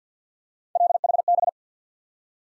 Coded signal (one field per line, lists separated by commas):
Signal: Morse code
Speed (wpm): 50 wpm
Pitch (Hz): 700 Hz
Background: none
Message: LHB